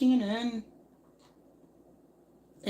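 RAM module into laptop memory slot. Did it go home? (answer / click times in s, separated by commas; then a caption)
yes / 2.7 s. A RAM module is pressed down into a laptop's memory slot until the retaining clips catch. Someone talks at the start, followed by quiet low hiss. A sharp click at 2.7 s confirms the module is seated.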